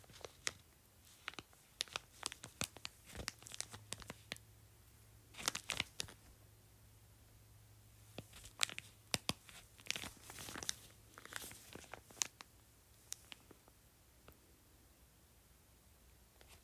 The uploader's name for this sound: Crinkling Ice Pack